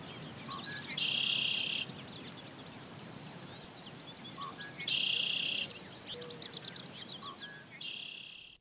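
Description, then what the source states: Red-winged Blackbird song: brief introductory notes, then a harsh buzzy trill, given three times roughly every three to four seconds. Three-note song; common in Virginia's wet areas such as ponds, marshes and streams; found year-round throughout Virginia.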